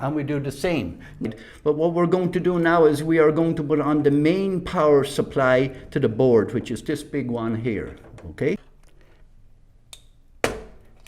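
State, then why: Seated. Someone talks for about eight and a half seconds, then the large 24-pin ATX main power cable plug from the power supply is pushed into the motherboard socket. Its plastic latch gives a sharp click at 10.4 s, showing the connector is seated.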